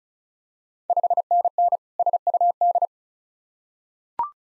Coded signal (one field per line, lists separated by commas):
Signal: Morse code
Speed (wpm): 36 wpm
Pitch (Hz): 700 Hz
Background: none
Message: 5NN SUD